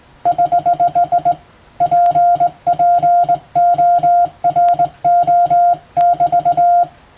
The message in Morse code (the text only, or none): <HH> PPORO<BT>